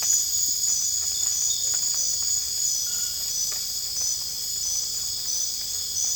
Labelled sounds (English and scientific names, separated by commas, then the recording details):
none
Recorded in dense forest near Puerto Asís, Putumayo, Colombia, on 22 December 2024 at 21:00
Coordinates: 0.484, -76.325
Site G056